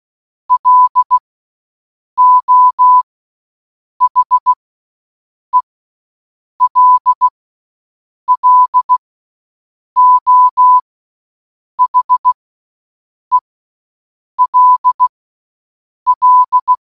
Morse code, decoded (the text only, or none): LO HELLO HELL